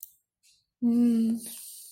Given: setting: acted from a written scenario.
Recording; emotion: vocal sound without words; pride